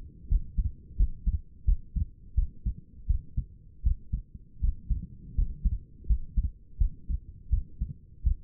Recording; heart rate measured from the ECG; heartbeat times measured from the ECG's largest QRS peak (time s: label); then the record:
heart sounds by stethoscope; 83 bpm
0.29 s: heartbeat
0.97 s: heartbeat
1.65 s: heartbeat
2.35 s: heartbeat
3.07 s: heartbeat
3.83 s: heartbeat
4.61 s: heartbeat
5.35 s: heartbeat
6.07 s: heartbeat
6.78 s: heartbeat
7.50 s: heartbeat
8.23 s: heartbeat
From the record:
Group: healthy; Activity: rest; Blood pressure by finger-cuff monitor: 125/85 mmHg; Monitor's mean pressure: 96 mmHg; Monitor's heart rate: 83 bpm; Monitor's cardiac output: 5.7 L/min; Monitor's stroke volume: 68 mL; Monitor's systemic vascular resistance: 1260 dyn s/cm5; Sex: female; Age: 37 years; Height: 168 cm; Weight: 70 kg